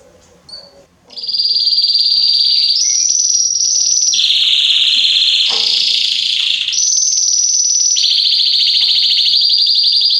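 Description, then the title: Belgian canary song starting after a quiet second, then continuous high rolling trills that jump between several pitches without a break. Male Belgian canary singing a lot, to warm up young and Belgian canaries within 30 minutes. "Esquente Seu Filhote E Canario Belga Em 30 Minutos Macho Cantando Muito. Esquente seu canrio belga em 30 minutos - Canrio Belga estourado"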